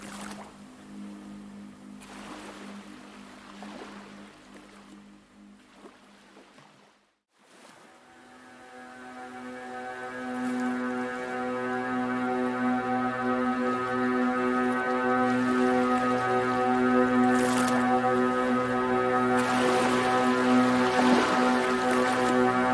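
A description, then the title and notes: Ambient music holds a low, sustained drone with layered tones, fading out briefly near seven seconds before returning fuller and louder. Soft washes of ocean waves swell through the background, rising more clearly around seventeen seconds and again near the end. Oceanic Ambience: Soothing Ambient Music Accompanied by the Sound of Ocean Waves.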